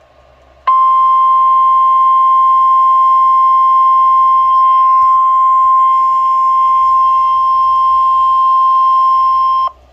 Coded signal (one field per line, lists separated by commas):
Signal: Emergency Alert System (SAME) tones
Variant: 1050 Hz attention tone